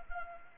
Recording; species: mosquito wingbeat signal from an infrared sensor; Anopheles arabiensis